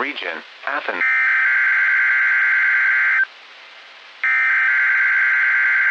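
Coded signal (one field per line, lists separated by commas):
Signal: Emergency Alert System (SAME) tones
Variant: header bursts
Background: speech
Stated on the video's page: Mock of a Midland HH54VP weather radio activating for a Required Weekly Test with a special test tone, like the Midland WR300 and WR100.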